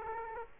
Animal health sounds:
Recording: mosquito wingbeat signal from an infrared sensor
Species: Aedes aegypti

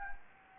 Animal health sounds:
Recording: mosquito wingbeat signal from an infrared sensor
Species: Anopheles gambiae

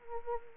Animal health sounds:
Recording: mosquito wingbeat signal from an infrared sensor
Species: Anopheles arabiensis

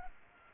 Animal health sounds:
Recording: mosquito wingbeat signal from an infrared sensor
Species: Culex pipiens

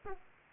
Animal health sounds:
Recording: mosquito wingbeat signal from an infrared sensor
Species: Aedes aegypti

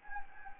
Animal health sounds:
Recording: mosquito wingbeat signal from an infrared sensor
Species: Anopheles gambiae

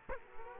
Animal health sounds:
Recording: mosquito wingbeat signal from an infrared sensor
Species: Culex quinquefasciatus

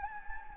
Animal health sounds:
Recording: mosquito wingbeat signal from an infrared sensor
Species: Anopheles gambiae

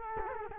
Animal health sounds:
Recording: mosquito wingbeat signal from an infrared sensor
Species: Culex quinquefasciatus

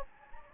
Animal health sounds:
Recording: mosquito wingbeat signal from an infrared sensor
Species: Anopheles gambiae

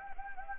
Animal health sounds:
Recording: mosquito wingbeat signal from an infrared sensor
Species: Anopheles gambiae

